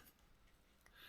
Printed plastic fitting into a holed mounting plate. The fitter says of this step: is for this and this should click in